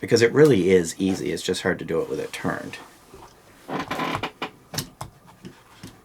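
Someone talks while a .22 Magnum cylinder is handled and fitted back toward the frame of a Diamondback Sidekick revolver. After the talking, short sharp handling sounds come at about 3.9, 4.2 and 4.8 seconds, but the cylinder has not yet seated or clicked into the frame.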